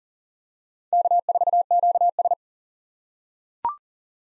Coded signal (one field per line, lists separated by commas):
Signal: Morse code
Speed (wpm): 40 wpm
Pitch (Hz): 700 Hz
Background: none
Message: K4QS